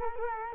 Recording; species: mosquito wingbeat signal from an infrared sensor; Culex quinquefasciatus